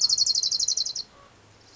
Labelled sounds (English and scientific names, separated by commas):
Orange-crowned Warbler (Leiothlypis celata)